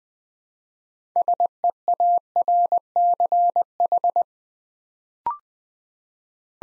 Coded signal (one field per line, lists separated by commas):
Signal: Morse code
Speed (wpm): 20 wpm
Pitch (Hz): 700 Hz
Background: none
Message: SEARCH